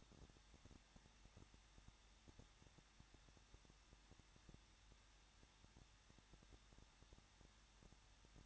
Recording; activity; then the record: daily activity, microphone in the room; no activity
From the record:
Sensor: 3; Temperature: 21.2 degrees Celsius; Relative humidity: 36.3%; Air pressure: 1006.3 hPa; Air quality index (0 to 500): 221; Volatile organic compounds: 40 ppm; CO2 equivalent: 3156 ppm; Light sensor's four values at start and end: 2/3/2/2 and 2/3/2/2